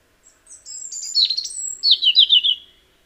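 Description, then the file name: European robin song: a thin high whistle, then a tumbling run of sweet twittering notes sliding downward, ending in quick descending trills; quiet background. "Erithacus rubecula"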